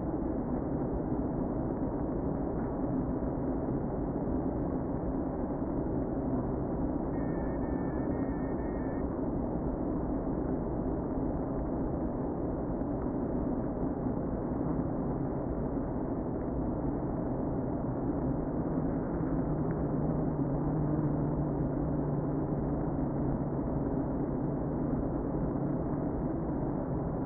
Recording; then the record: honeybee colony, microphone inside the hive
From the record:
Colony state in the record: queen present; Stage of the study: before two queens were removed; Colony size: about 60,000 bees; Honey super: yes